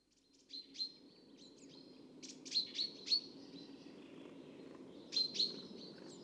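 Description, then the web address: Common chaffinch giving high chirped phrases, a few separated bursts over constant low rumbling noise. Recorded in Copenhagen. "assistens Bogfinke"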